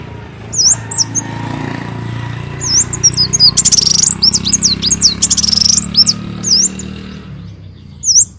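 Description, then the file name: Leafbird song: scattered high slurred whistles, with two brief noisy rustles in the middle and a low rumbling background. "Tieng chim xanh tim"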